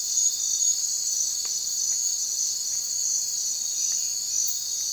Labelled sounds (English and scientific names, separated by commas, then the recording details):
none
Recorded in secondary vegetation near Puerto Asís, Putumayo, Colombia, on 30 June 2025 at 03:00
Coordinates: 0.499, -76.323
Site G077